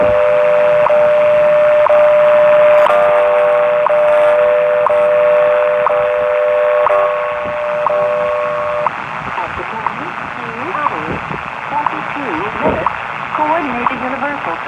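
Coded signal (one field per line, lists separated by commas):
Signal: radio time signal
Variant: WWV and WWVH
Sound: steady audio tone interrupted by a short tick each second, then a spoken announcement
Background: radio static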